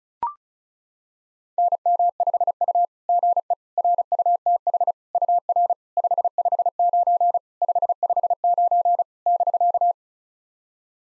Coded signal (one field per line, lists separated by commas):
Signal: Morse code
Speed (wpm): 37 wpm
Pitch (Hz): 700 Hz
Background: none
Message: NM5U GE RUTH UR 559 559 <BK>